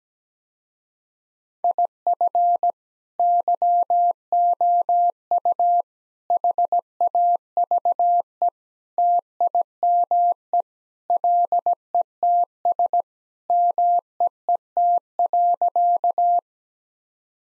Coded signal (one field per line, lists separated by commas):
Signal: Morse code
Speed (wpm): 17 wpm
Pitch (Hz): 700 Hz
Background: none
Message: IF YOU HAVE TIME LETS MEET.